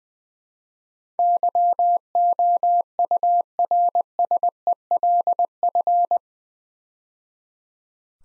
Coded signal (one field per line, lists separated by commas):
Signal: Morse code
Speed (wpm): 21 wpm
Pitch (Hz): 700 Hz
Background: none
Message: YOURSELF